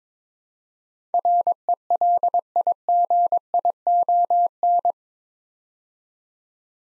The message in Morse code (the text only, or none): RELIGION